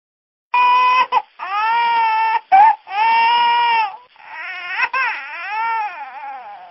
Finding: Baby Crying.